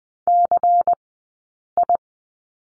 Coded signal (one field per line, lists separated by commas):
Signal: Morse code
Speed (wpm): 20 wpm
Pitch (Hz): 700 Hz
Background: none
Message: CI